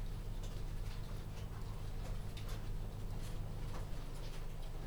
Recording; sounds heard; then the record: poultry house recording; no chicken sound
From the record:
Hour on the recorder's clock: 22